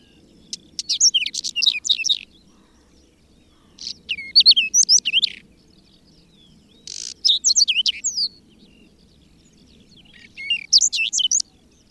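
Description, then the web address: Whinchat singing brief jumbled phrases of chirps, whistles and buzzy notes, four bursts spaced roughly three seconds apart, with faint low background rumble. "agykontroll Madardalok Cd 3. Rozsdás csuk"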